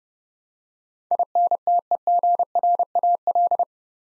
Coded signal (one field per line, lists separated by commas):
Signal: Morse code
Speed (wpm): 30 wpm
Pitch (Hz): 700 Hz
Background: none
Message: INTEGRAL